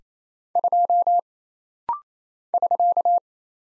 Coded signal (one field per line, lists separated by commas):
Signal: Morse code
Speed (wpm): 27 wpm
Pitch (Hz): 700 Hz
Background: none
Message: 2 <SK>